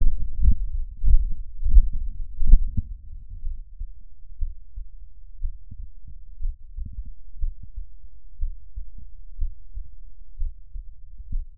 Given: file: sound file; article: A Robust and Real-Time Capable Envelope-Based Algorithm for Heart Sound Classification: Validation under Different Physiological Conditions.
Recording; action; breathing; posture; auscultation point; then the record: heart sounds by electronic stethoscope; rest; normal; lying on stomach; Erb’s point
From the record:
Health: healthy, no known heart disease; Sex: male